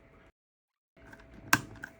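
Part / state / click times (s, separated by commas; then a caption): 3D-printed iris lid onto jar body / seated / 1.5 s. A 3D-printed plastic iris lid is turned on a pen jar organizer body after several tries, with faint scraping and rubbing after a short silent gap. A sharp, loud click at 1.5 s marks the lid seating in place, followed by a small tick.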